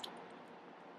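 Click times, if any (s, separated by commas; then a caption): 0.0 s. An air line fitting, cleaned first, is pushed into a new rubber air spring on the rear suspension of a 2003–2009 Lexus GX470/Toyota 4Runner SUV. A short, sharp click at 0.0 s shows the fitting has seated, followed by a low steady background hiss.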